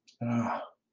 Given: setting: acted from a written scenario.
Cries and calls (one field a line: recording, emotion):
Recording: vocal sound without words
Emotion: romantic love